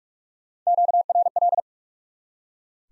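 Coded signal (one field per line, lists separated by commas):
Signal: Morse code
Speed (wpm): 42 wpm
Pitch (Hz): 700 Hz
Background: none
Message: QRL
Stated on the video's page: Top 20 QSO elements head-copy drill at 45 wpm: each sent in Morse, spoken, then sent again.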